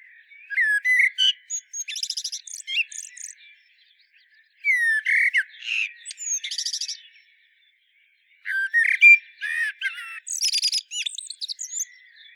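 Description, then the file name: Common blackbird song: three phrases, each a low mellow warble rising into high, squeaky twittering, separated by short silent pauses. "Turdus merula"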